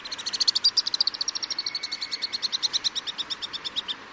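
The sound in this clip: Alpine Swift trilled call: a long, rapid series of high, clipped notes that builds, then fades over about four seconds.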